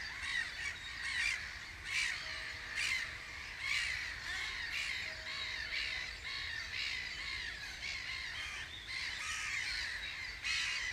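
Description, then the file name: Gulls calling together, harsh overlapping nasal cries repeated about once a second, forming a continuous noisy chorus. "Möwe"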